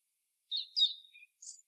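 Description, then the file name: European robin: small songbird giving a short phrase of high, thin, sliding notes, a brief low note, then a final high chirp. "Erithacus rubecula"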